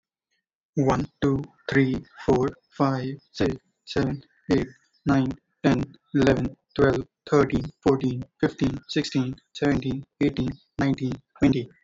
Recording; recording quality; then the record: counting at a normal pace; excellent, no background noise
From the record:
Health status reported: healthy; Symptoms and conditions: none ticked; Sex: male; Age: 23 years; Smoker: not ticked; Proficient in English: yes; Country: India